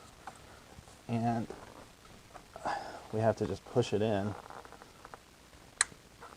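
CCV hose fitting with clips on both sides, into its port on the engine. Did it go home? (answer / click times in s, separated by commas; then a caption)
partly / 5.8 s. Someone talks while a crankcase ventilation (CCV) hose/valve fitting on a BMW E46 is pushed by hand into its port on the engine. One sharp snap is heard at 5.8 s, but the fitting has clips on either side that should give two snaps, so it has snapped on one side only and is not fully home.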